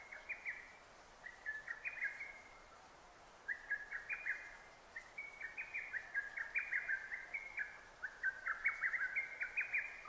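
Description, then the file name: Lesser cuckoo singing a series of fast, jerky whistled phrases, one after another, with scarcely any pause by the end. Recorded 6 June 2009; Japanese name hototogisu. "hototogisu 20090606"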